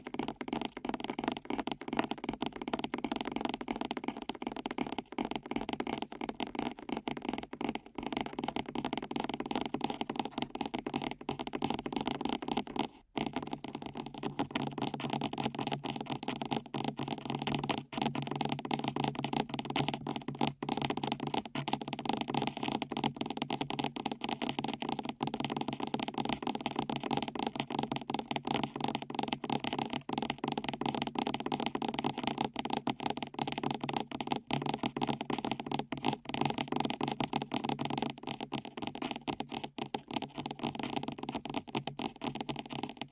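Rapid, dense tapping close to the ear runs for the whole clip, a continuous stream of quick crackling taps with a steady, full tone. The level barely changes, aside from a brief near-silent gap just after thirteen seconds. The sound is dry.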